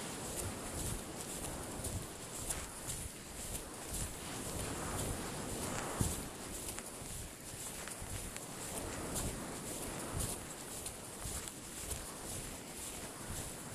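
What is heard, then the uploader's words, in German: Footsteps tread steadily through a dense, constant rush of wind, with one sharper knock standing out around six seconds. Schritte Windwellen.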